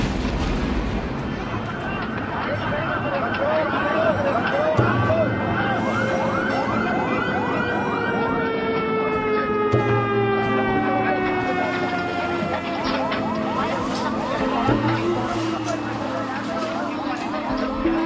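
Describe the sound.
In Karachi, after a bus is struck and explodes, several emergency vehicle sirens wail at once, their overlapping tones sweeping up and down steadily and loudly, over a low rumbling background with voices and screams mixed in.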